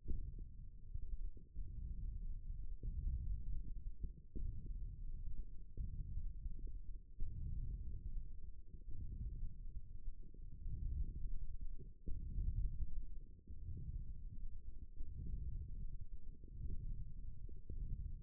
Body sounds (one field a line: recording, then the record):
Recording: forearm muscle sounds (acoustic myography)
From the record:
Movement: wrist extension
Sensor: system 1, eight BSWA MPA416 microphones around the upper forearm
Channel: 1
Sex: female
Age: 22 years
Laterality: right